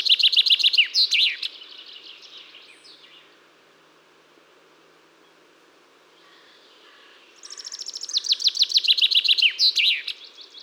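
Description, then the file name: Common chaffinch song: the end of one phrase with a flourish, then several quiet seconds before a second phrase of repeated chirps ending in a flourish. "Fringilla coelebs"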